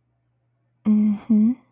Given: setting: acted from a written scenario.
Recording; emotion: vocal sound without words; romantic love